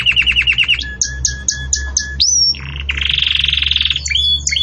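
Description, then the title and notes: Belgian canary song: rapid repeated notes, a series of clear whistled notes, then a long buzzy trill and bright whistled phrases. Belgian canary 'campainha' (bell) song, used as a tutor song for young birds in breeding. "Canto Do Canário Belga Campainha Para Encarte De Filhotes. CANARIO"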